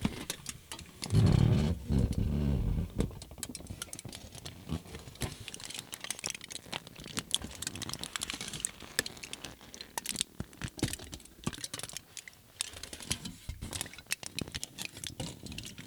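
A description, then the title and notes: Aluminum foil crinkles in a dense stream of sharp pops and crackles, with a heavy low rumble of handling near the start. The Crinkle and Pops of Aluminum Foil.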